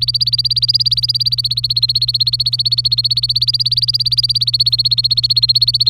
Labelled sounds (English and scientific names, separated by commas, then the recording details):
Domestic Canary (Serinus canaria) song
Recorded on 26 April 2018 at 15:09
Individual llb3